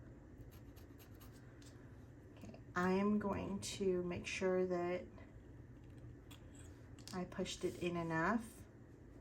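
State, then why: Not seated. An insert part is handled and pushed into the body of a Dollar Tree craft tool while someone talks, with only faint, quiet handling ticks in the background. Nothing has seated or clicked into place yet.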